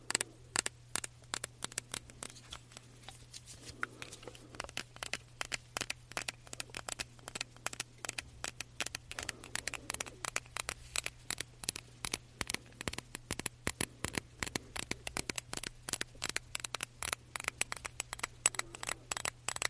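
Rapid tapping on diffuser and body mist bottles, a dense stream of sharp, bright clicks running the full length with little pause. The taps come irregularly, some louder than others, over a steady low hum that stays underneath throughout.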